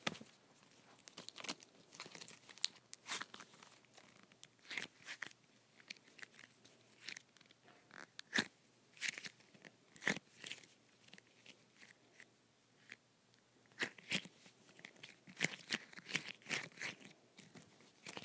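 Putty is pulled apart in a run of short, sticky crackles and squelching snaps that come irregularly, often several per second, with brief quieter gaps. The sounds are bright and crisp, over a faint low hiss, with the busiest stretches near the start and end.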